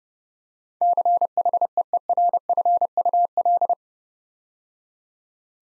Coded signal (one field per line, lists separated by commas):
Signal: Morse code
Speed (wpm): 30 wpm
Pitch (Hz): 700 Hz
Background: none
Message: CHEERFUL